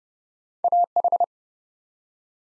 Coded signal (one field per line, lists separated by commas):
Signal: Morse code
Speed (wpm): 30 wpm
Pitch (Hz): 700 Hz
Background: none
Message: AH